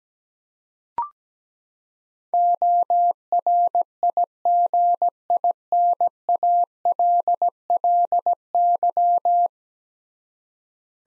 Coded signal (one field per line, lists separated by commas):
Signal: Morse code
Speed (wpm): 17 wpm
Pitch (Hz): 700 Hz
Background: none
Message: ORIGINALLY